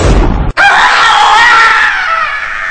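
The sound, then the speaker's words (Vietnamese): A heavy, muffled thud of a pronged spear stabbing downward cuts off abruptly. After a brief silence a loud, shrill scream erupts and holds for over two seconds, wavering slightly as it trails off. “Một tiếng phập ngon lành, gọn, và một tiếng thét, trời ơi, liền theo sau đó.”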